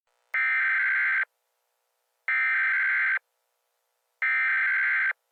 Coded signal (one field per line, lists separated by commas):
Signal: Emergency Alert System (SAME) tones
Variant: header bursts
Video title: EAS Scenario - Astronomical Disaster